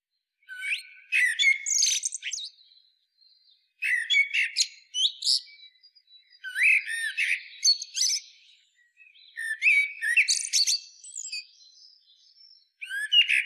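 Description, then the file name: Eurasian blackbird song: five phrases about every three seconds, mellow whistled notes breaking into high, squeaky twittering, with short silent gaps between phrases. "Turdus merula"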